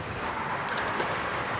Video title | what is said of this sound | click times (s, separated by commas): ห่วงตะแกรงพัดลมหักไม่ใช่ปัญหาอีกต่อไป เมื่อดูคลิปนี้ของช่างโห้ | เอาเข้าล็อคให้เรียบร้อยนะครับเข้าล็อคให้เรียบร้อยนะครับนี่ | 0.7 s, 0.8 s